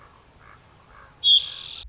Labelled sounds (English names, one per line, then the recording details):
Common Raven
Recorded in Sonoma County, California